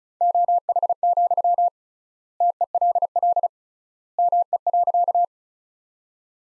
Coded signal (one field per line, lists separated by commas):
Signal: Morse code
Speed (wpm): 34 wpm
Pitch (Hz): 700 Hz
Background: none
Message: OH, TELL ME.